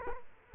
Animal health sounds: mosquito wingbeat signal from an infrared sensor; Culex quinquefasciatus

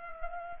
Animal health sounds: mosquito wingbeat signal from an infrared sensor; Culex pipiens

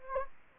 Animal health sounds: mosquito wingbeat signal from an infrared sensor; Anopheles gambiae

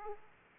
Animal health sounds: mosquito wingbeat signal from an infrared sensor; Aedes aegypti

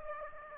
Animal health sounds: mosquito wingbeat signal from an infrared sensor; Aedes aegypti

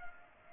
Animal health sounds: mosquito wingbeat signal from an infrared sensor; Aedes aegypti

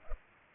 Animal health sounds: mosquito wingbeat signal from an infrared sensor; Culex pipiens

